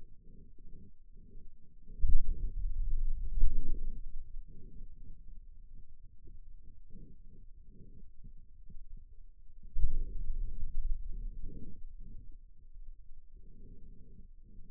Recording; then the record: forearm muscle sounds (acoustic myography)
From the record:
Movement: finger pinch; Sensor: system 2, bracelet of six BSWA MPA416 microphones around the upper forearm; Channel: 4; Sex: male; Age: 22 years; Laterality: right